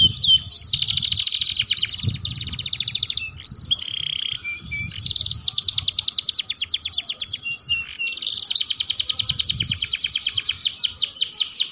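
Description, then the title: Atlantic canary song: rapid high trills and rolling tours, with short whistled notes and brief pauses between phrases. Belgian canary song used to stimulate other canaries into singing and to tutor young canaries. "Canto Para Esquentar Canário Belga. Suara Pancingan Kenari Gacor || Bagus Untuk Masteran Kenari Paud"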